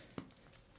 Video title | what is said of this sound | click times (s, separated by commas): Sony FDR X3000 4K Action Cam Important Tips | And then here it's kind of a little bit clunky, but at least it closes securely when you push it from all four sides. | 0.2 s